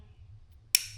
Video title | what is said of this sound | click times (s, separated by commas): Stinger JB4 install | snapped, engaged. | 0.8 s